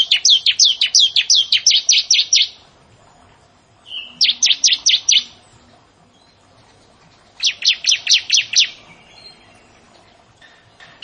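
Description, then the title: Three bursts of Bar-winged prinia song: quick, evenly spaced high chirps in runs of several notes, with quiet gaps between. "Ciblek Sawah"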